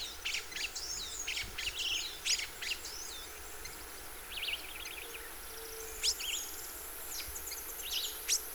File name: Magpie tanager